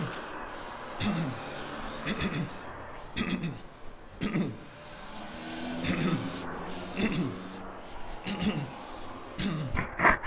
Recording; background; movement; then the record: throat clearing; traffic; walking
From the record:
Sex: male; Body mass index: 22.0 kg/m2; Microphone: on the chest, facing the body